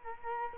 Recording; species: mosquito wingbeat signal from an infrared sensor; Culex quinquefasciatus